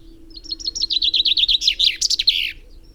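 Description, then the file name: Common chaffinch singing a trill of repeated notes that descends in steps and finishes with a sharp flourish, with a faint low hum underneath. "Fringilla coelebs"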